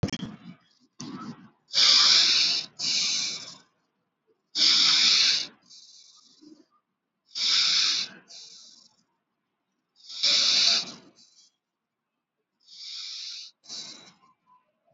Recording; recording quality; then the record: deep breathing; excellent, no background noise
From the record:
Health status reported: exposed to COVID-19, no respiratory illness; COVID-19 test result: negative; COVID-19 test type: RT-PCR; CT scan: taken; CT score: 1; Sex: male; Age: 30 years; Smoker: no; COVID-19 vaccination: one dose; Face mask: worn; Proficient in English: yes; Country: India